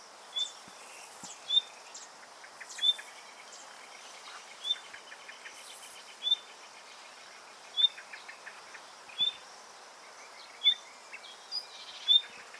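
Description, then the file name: Common nightingale repeating a short whistle every second or two, with soft ticking notes between them. "Luscinia megarhynchos"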